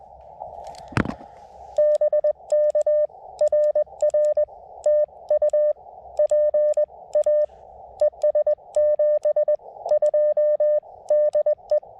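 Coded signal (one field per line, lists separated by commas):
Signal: Morse code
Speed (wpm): 20 wpm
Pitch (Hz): 600 Hz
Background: none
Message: BK RR TU PA ES 72 DE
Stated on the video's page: CW Parks on the Air activation from a state forest, calling CQ at 20 wpm, with park-to-park callers replying at 25-40 wpm.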